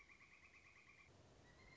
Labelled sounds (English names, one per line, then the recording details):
Pileated Woodpecker
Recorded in Sonoma County, California